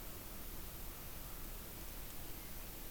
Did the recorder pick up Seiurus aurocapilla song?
no